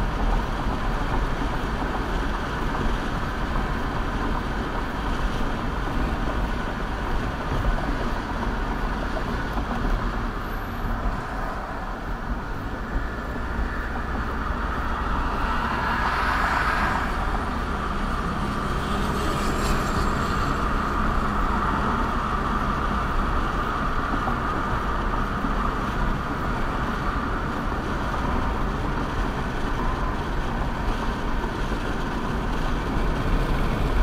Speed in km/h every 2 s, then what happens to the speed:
69, 69, 71, 66, 68, 55, 48, 48, 52, 53, 58, 61, 64, 66, 68, 69, 69.
0-8 steady at about 69. 8-12 brakes to 48. 12-27 speeds up to 68. 27-34 steady at about 69.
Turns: none.